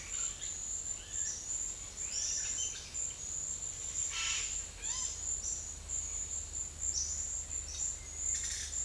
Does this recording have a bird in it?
yes